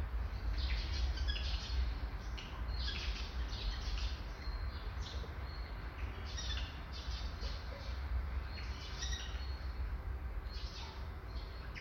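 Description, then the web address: Eurasian jay giving rapid, harsh, noisy bursts in quick uneven series through the whole stretch, over a strong low background rumble. Jay imitating foreign sounds. "garrulus glandarius la pie imite des sons etrangers"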